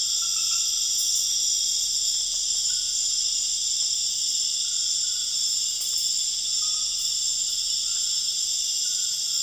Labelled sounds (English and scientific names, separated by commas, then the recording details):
none
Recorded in dense forest near Puerto Asís, Putumayo, Colombia, on 4 March 2025 at 00:00
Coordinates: 0.481, -76.323
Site G088